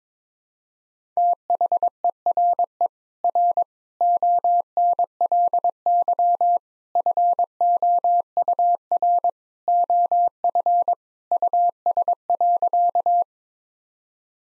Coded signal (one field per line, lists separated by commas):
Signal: Morse code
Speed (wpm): 21 wpm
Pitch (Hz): 700 Hz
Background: none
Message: THERE R ONLY FOUR OF US.